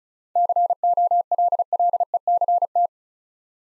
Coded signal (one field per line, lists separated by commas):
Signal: Morse code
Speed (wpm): 36 wpm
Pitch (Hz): 700 Hz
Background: none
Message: COLLECT